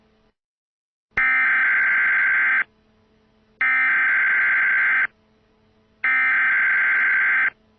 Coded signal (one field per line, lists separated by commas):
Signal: Emergency Alert System (SAME) tones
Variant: header bursts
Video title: Tornado Outbreak EAS Scenario: US East Coast